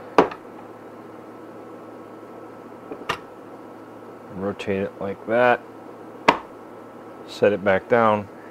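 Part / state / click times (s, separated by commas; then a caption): magnet piece on a permanent magnet motor rotor assembly / not seated / none. A magnet piece on a permanent magnet motor rotor assembly is handled, rotated and set back down while someone talks. Sharp knocks are heard at about 0.2, 3.1 and 6.3 seconds. Nothing has seated or locked into place yet.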